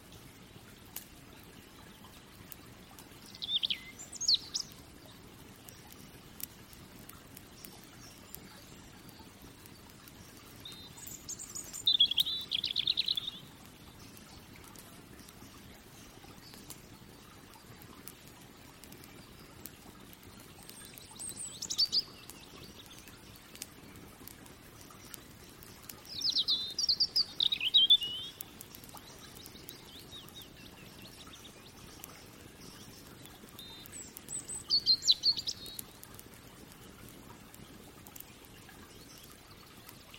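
A steady low rumble with faint crackles underneath, while short bright bird chirps break in roughly every six to eight seconds.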